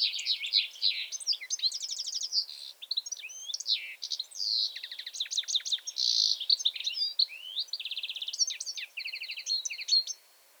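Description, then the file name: European goldfinch song, a nearly unbroken stream of high tinkling twitters, quick trills and buzzy rattled phrases lasting about ten seconds, with short gaps near three and nine seconds. "Carduelis carduelis"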